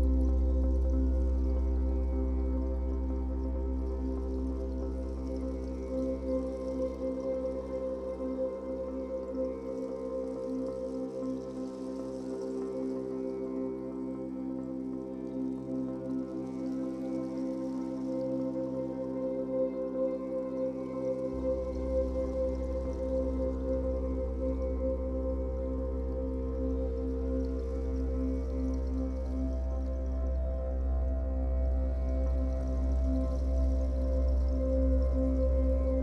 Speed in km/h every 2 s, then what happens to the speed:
79, 83, 87, 91, 94, 89, 85, 88, 91, 87, 84, 78, 75, 77, 78, 82, 86, 90.
0-8 speeds up to 94. 8-12 slows to 85. 12-17 steady at about 88. 17-25 slows to 75. 25-36 speeds up to 90.